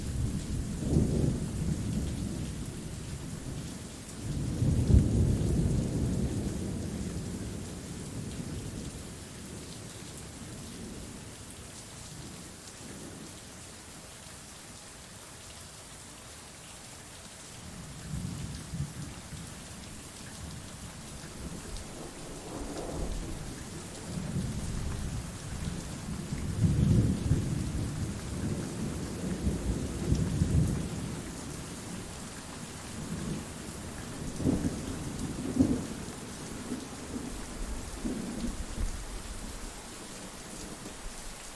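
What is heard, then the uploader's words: Steady rain hisses throughout while low, rolling rumbles swell around 5 seconds and return in bursts between about 18 and 40 seconds. Soothing Rain And Sound Effects.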